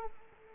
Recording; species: mosquito wingbeat signal from an infrared sensor; Culex quinquefasciatus